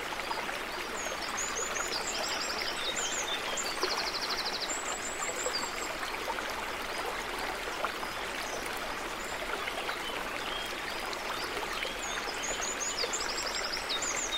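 A river flows steadily through a forest, a dense, even rush of water that never lets up. Birds sing over it throughout, with bright trills and repeated chirps high above the water, clustering around two to seven seconds and again near the end.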